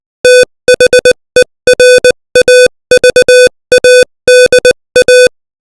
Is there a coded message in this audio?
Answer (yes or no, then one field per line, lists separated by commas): yes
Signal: Morse code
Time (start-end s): 0.2-5.3 s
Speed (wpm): 20 wpm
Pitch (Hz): 500 Hz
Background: music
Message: THERAVADA